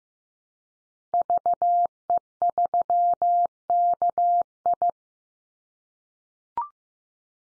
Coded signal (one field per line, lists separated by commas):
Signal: Morse code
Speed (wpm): 15 wpm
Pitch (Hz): 700 Hz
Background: none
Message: VE3KI